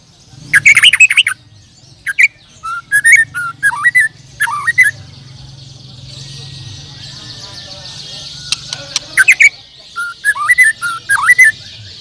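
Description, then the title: Bird song in short bursts of sharp, falling chirps and high ticking notes, with a long quiet gap midway and a steady low hum underneath. "Kicau Burung"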